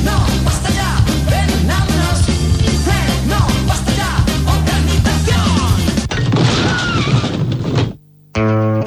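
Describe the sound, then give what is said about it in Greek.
A loud, dense din of crashing and smashing as bakery buildings are demolished, thick with rumbling impacts and harsh layered noise for about six seconds, then a thinner stretch before a brief cut to silence and a final burst. “Αυτή είναι κάτι φούρνη που γκρεμίστηκαν, δεν έκλεισαν λόγω κρίσης, γκρεμίστηκαν για τους γνωστούς λόγους.”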